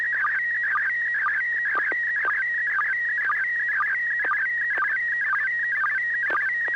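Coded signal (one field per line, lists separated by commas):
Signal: SSTV (slow-scan television)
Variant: PD120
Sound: warbling, chirping tone around 1.5-2.3 kHz with regular short low blips about twice a second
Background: low hum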